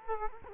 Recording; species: mosquito wingbeat signal from an infrared sensor; Culex quinquefasciatus